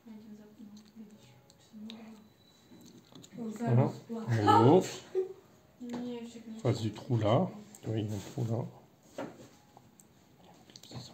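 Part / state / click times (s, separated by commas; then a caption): plastic ring on an RC car chassis part / seated / 10.8 s. On a Tamiya M-05 RC car kit, a plastic ring on a chassis part is lined up with a hole at the top and pushed until it clips in. Someone talks through most of the clip, with small handling ticks throughout. A sharp click at 10.8 s marks the ring seating in place.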